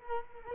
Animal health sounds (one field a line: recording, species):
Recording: mosquito wingbeat signal from an infrared sensor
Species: Culex quinquefasciatus